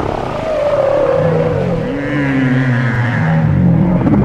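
Whale calls: long, low tonal moans that glide slowly downward and then level out, with lower bands beneath, over steady rushing background noise.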